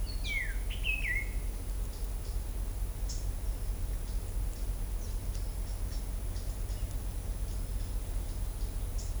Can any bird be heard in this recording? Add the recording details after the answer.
yes. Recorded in shrubland near Pivijay, Magdalena, Colombia, on 2 June 2023 at 12:00. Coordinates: 10.453, -74.365. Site P5-G022